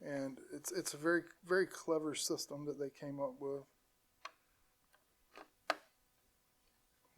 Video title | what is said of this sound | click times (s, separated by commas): HOW TO BUILD A PC FOR BEGINNERS - EPISODE 4 - ASUS RYUJIN 2 360 AIO - HYTE Y60 - RYZEN 5900X - | did you hear it click that's it | 5.7 s